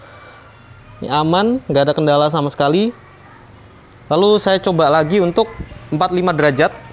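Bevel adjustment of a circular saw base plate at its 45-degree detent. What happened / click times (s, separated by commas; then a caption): No seating click yet; only a man talking while the tool is being set up / none. A man talks while handling a Bosch Professional GKS 185 Li 18V cordless brushless circular saw as its base plate is tilted toward the 45-degree bevel position. Only his voice is heard over a low background hum. Nothing has clicked or seated yet at the 45-degree detent.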